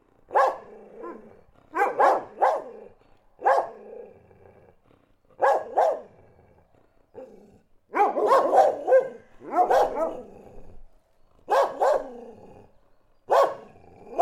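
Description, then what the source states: Dog barking in short bursts of one to several barks, with brief pauses between groups. Barking, recorded in Listvyanka.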